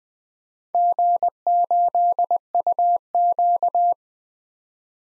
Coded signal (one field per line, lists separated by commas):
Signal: Morse code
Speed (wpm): 20 wpm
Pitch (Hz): 700 Hz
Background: none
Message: G8UQ